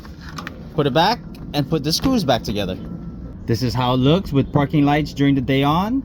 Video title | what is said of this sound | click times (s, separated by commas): How to install Sealight 3157 LED Bulb | lock into place | 0.5 s